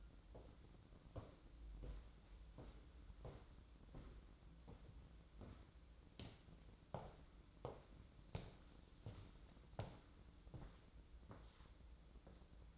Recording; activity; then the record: daily activity, microphone in the room; walk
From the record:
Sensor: 3